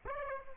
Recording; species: mosquito wingbeat signal from an infrared sensor; Aedes aegypti